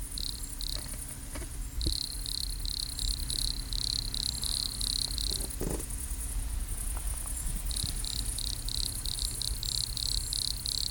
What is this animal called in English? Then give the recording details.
Wood Cricket. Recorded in the wild. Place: Gößweinstein, Fränkische Schweiz, Bayern, DE. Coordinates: 49.72, 11.07. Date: 1995-09-05 15:20. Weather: wechselnd, sonnig, 18°C. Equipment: Nagra SN, Sennheiser ME 80, Kopie Uher 4000 Report Monitor. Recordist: Tembrock, Günter